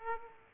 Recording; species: mosquito wingbeat signal from an infrared sensor; Aedes aegypti